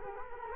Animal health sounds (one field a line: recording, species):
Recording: mosquito wingbeat signal from an infrared sensor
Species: Culex quinquefasciatus